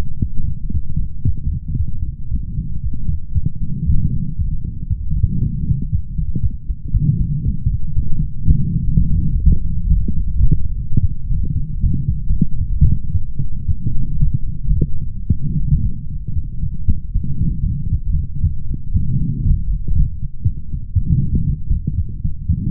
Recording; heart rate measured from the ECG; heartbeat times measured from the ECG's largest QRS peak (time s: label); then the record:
heart sounds by stethoscope; 116 bpm
0.19 s: heartbeat
0.72 s: heartbeat
1.25 s: heartbeat
1.77 s: heartbeat
2.29 s: heartbeat
2.81 s: heartbeat
3.33 s: heartbeat
3.85 s: heartbeat
4.37 s: heartbeat
4.88 s: heartbeat
5.39 s: heartbeat
5.90 s: heartbeat
6.41 s: heartbeat
6.92 s: heartbeat
7.43 s: heartbeat
7.94 s: heartbeat
8.45 s: heartbeat
8.96 s: heartbeat
9.47 s: heartbeat
9.98 s: heartbeat
10.49 s: heartbeat
11.01 s: heartbeat
11.53 s: heartbeat
12.06 s: heartbeat
12.59 s: heartbeat
13.12 s: heartbeat
13.66 s: heartbeat
14.20 s: heartbeat
14.74 s: heartbeat
15.28 s: heartbeat
15.81 s: heartbeat
16.34 s: heartbeat
16.86 s: heartbeat
17.38 s: heartbeat
17.90 s: heartbeat
18.41 s: heartbeat
18.92 s: heartbeat
19.43 s: heartbeat
19.93 s: heartbeat
20.43 s: heartbeat
20.94 s: heartbeat
21.45 s: heartbeat
21.96 s: heartbeat
22.47 s: heartbeat
From the record:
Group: healthy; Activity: light exercise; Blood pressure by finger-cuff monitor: 113/80 mmHg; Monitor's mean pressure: 91 mmHg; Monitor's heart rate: 116 bpm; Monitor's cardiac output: 8.5 L/min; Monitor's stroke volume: 73 mL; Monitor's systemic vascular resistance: 780 dyn s/cm5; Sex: male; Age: 20 years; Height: 187 cm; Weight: 68.9 kg